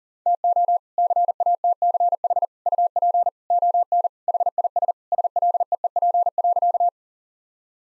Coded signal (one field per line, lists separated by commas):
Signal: Morse code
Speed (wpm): 40 wpm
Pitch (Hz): 700 Hz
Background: none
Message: TO CATCH UP ON HIS SLEEP.